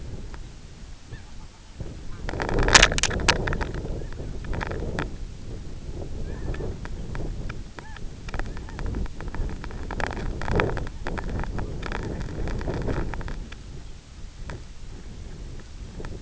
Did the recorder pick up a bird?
yes